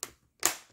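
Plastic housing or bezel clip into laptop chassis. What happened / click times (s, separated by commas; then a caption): Plastic housing clips snapped into place / 0.0 s, 0.4 s. A plastic housing or bezel clip on a Lenovo ThinkPad T570 is pressed down into the laptop chassis during reassembly after a screen cable and keyboard replacement, at a spot that had not yet snapped in. Two sharp plastic snaps are heard at 0.0 s and 0.5 s, the second louder with a longer decaying tail. The clip seats and the housing is aligned.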